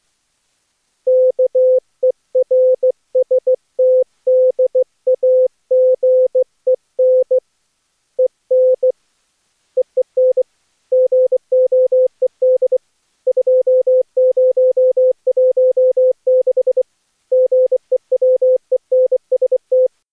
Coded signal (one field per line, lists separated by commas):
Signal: Morse code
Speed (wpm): 24 wpm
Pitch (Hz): 510 Hz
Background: none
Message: KERSTDAGEN EN EEN GOED 2016 GEWENST